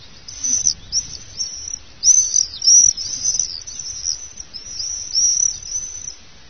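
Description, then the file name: Common swift screaming calls: shrill, thin, rasping screeches in short bursts of about half a second, spaced irregularly, with louder overlapping screams around the two-second mark. "gierzwaluw"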